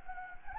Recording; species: mosquito wingbeat signal from an infrared sensor; Anopheles gambiae